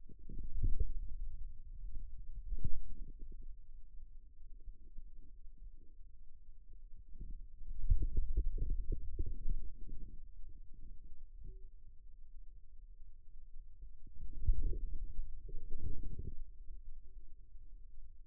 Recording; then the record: forearm muscle sounds (acoustic myography)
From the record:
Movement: pen grasping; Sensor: system 2, bracelet of six BSWA MPA416 microphones around the upper forearm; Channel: 5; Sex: male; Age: 22 years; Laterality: right